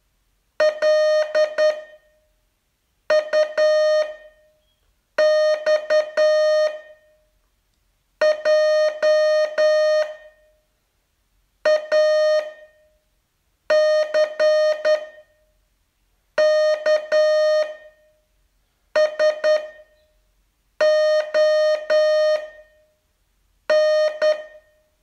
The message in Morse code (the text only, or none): LUX JACKSON